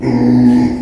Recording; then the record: squeal of a Yucatan mini pig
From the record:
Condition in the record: after surgery on the right vocal fold (resection and tissue-engineered implant); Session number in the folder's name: 2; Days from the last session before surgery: 13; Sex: male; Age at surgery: 12 weeks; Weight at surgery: 13 kg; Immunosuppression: cyclosporine, prednisolone